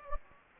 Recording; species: mosquito wingbeat signal from an infrared sensor; Anopheles gambiae